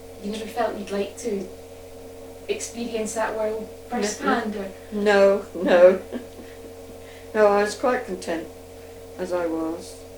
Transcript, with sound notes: You never felt you'd like to experience that world first hand?
No. No. [laughs] No I was quite content, as I was.